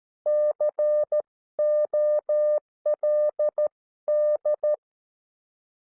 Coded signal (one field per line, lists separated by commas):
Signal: Morse code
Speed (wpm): 13 wpm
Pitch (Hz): 600 Hz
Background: none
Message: COLD